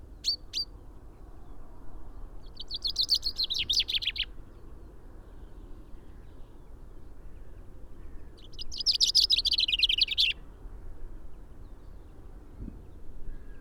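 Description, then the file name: Common chaffinch song: two brisk falling trills a few seconds apart, each about two seconds long, the first preceded by a couple of short high notes, with constant low rumble. "Fringilla coelebs"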